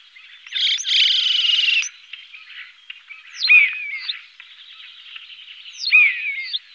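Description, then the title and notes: Common starling song: a loud rattling buzz over a soft, wheezy background, then two twanging, sliding whistles a few seconds apart. Song from Germany, Austria and Switzerland. "Sounds of birds from Germany, Austria, Switzerland"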